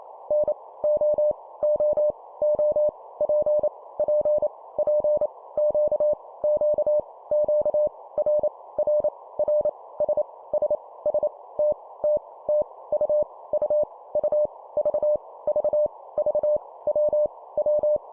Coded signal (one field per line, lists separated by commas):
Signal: Morse code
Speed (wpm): 28 wpm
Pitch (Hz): 600 Hz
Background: none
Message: N O O O P P P Q Q Q R R R S S S T T T U U U V V V W W